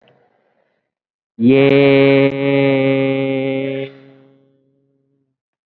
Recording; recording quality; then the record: sustained vowel as in made; excellent, no background noise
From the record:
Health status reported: COVID-19 positive, mild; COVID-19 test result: positive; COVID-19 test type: RT-PCR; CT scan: taken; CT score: 9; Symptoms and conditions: cough, cold, sore throat, fever, fatigue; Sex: male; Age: 35 years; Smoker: no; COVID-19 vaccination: one dose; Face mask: worn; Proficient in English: yes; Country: India